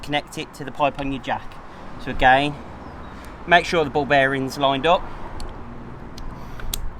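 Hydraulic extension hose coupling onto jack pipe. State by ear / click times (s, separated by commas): seated / 6.7 s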